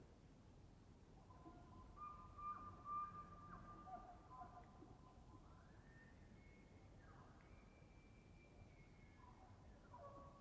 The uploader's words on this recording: Elk Bull Scream. It was rutting season in the Colockum Wildlife area, and just before the start of open hunting season, so the males were out, about, and vocal. A mighty wind storm had blown through during the night, with some occasional gusting still noticeable in the trees. Elk, mostly bulls bugling, screaming, roaring, whistling, and chirping. Occasional high-pitched mews from the cows can be heard.